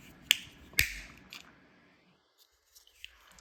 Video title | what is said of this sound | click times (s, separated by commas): honda key fob replacement | there's a little lip you have to push in. And then snap into place. | 0.3 s